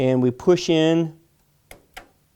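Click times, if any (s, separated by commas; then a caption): 1.7 s, 2.0 s. Someone talks while a DDR3 memory stick is pushed down into a motherboard DIMM slot in an AMD FX-8300 PC build. Both retention clips close on their own, with one snap at the bottom at 1.7 s and one at the top at 2.0 s. The module is seated.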